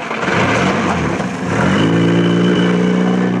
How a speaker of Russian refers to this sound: Орловичи уезжают на такси марки «Победа».